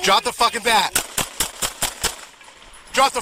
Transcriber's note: gun firing